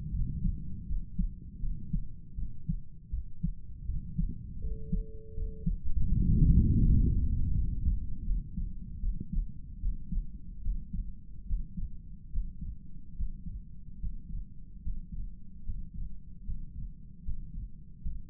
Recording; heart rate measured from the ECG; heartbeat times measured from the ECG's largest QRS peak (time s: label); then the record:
heart sounds by stethoscope; 77 bpm
0.11 s: heartbeat
0.87 s: heartbeat
1.60 s: heartbeat
2.36 s: heartbeat
3.11 s: heartbeat
3.86 s: heartbeat
4.61 s: heartbeat
5.35 s: heartbeat
6.10 s: heartbeat
6.82 s: heartbeat
7.52 s: heartbeat
8.24 s: heartbeat
9.00 s: heartbeat
9.80 s: heartbeat
10.62 s: heartbeat
11.46 s: heartbeat
12.30 s: heartbeat
13.15 s: heartbeat
13.98 s: heartbeat
14.81 s: heartbeat
15.63 s: heartbeat
16.44 s: heartbeat
17.23 s: heartbeat
18.01 s: heartbeat
From the record:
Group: healthy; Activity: rest 0-5 s, Valsalva maneuver 5-18 s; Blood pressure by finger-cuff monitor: 108/57 mmHg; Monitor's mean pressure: 70 mmHg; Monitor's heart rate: 76 bpm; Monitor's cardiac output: 8 L/min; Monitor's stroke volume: 105 mL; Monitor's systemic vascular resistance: 650 dyn s/cm5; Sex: male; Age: 35 years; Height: 180 cm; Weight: 86.9 kg